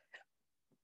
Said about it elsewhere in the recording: You can hear me hiccuping because I'm having throat chakra activations.